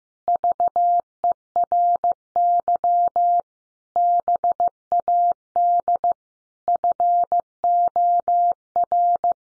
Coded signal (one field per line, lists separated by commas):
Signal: Morse code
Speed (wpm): 15 wpm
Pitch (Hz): 700 Hz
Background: none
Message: VERY BAD FOR